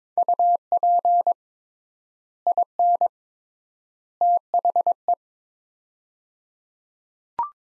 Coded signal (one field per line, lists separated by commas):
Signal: Morse code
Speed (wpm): 22 wpm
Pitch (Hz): 700 Hz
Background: none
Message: UP IN THE